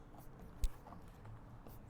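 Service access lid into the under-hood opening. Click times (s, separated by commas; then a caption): 0.6 s, 0.9 s, 1.2 s, 1.7 s. A plastic service access lid on a Fisker Ocean is centered over the under-hood opening and pushed in from one end, and its clips snap home with sharp clicks at about 0.6, 0.9, 1.3 and 1.7 seconds. The loudest snap is at 0.6 seconds, and the lid ends up locked and seated.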